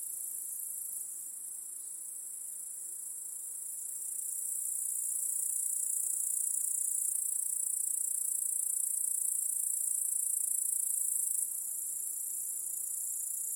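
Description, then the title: Many crickets chirping together, an unbroken high ringing trill that rises in loudness then eases near the end. Crickets chorusing in a backyard at night. "Crickets in Your Backyard 🏡. Discovering the Sounds of Home"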